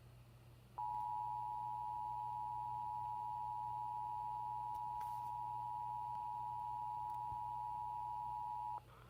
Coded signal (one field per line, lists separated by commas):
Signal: Emergency Alert System (SAME) tones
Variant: 853 and 960 Hz attention tone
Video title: TORNADO WARNING MAJOR FAIL I lost my mind.. (EAS #84)